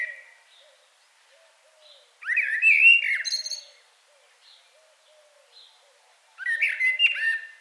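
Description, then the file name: Common blackbird singing two rich fluting phrases with high twittery endings, while soft low hooting notes repeat in the background. "Turdus merula"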